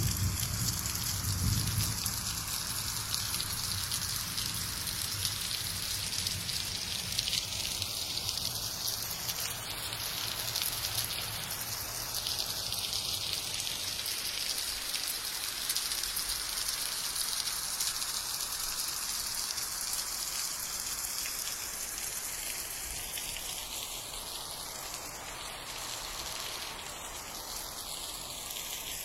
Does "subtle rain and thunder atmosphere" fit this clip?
yes